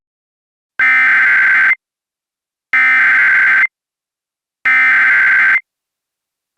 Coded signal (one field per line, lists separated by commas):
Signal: Emergency Alert System (SAME) tones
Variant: header bursts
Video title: EAS Scenario - Asteroid-X